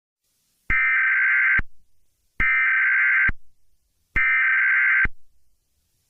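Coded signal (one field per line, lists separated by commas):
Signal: Emergency Alert System (SAME) tones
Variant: header bursts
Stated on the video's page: Fictional comedic EAS scenario.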